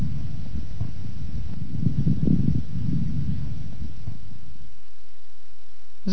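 Low, irregular bubbling pops run through a breath for about four and a half seconds, then the sound falls quiet. Medium and coarse moist crackles heard over an adult chest with bronchiectasis, at the same point after coughing; they persist after the cough, typical of fluid-filled, widened airways.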